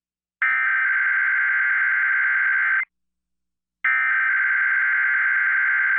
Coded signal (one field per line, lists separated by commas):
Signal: Emergency Alert System (SAME) tones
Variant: header bursts